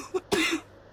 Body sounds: coughing mixed with background sound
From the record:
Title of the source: 64 coughing, allergies, singing lungs

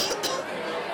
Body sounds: coughing mixed with background sound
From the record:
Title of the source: November cold (wet coughing)

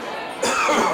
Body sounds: coughing mixed with background sound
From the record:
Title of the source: Spring Cold Coughing 2

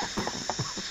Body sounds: coughing mixed with background sound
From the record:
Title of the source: Heavy cold and sore throat coughing.

